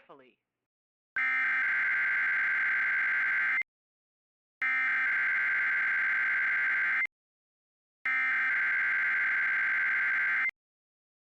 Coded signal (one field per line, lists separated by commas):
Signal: Emergency Alert System (SAME) tones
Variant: header bursts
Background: speech